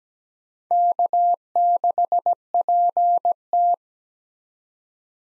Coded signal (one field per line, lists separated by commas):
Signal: Morse code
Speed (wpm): 17 wpm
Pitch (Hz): 700 Hz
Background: none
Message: K6PT